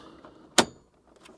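An EcoFlow WAVE 2 portable air conditioner and heater unit is set on top of its swappable battery pack and pushed forward until it locks. A sharp, loud click at 0.6 s rings briefly, followed by a few faint taps. The unit is seated on its battery pack.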